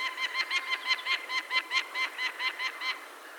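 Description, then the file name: Peregrine falcon giving a harsh, rapid cackle: nasal, grating notes repeated in a steady run. Recorded 6 May 2013. "Peregrine-Falcon 20130506"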